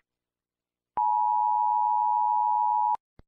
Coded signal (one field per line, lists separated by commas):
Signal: Emergency Alert System (SAME) tones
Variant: 853 and 960 Hz attention tone